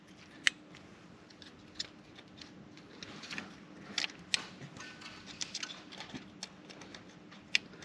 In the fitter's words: listen for that click on each one